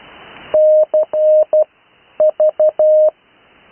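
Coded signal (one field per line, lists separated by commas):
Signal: Morse code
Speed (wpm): 12 wpm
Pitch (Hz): 620 Hz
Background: none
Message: CV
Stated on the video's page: Morse practice recorded live on the 80m band.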